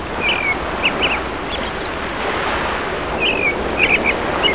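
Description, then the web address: Bird giving brief, high chirping calls in two loose bursts, early and late, with a constant surf-like rushing noise underneath. "特酷声音素材库 动物 鸟 Bird"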